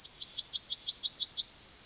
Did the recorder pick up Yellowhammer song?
yes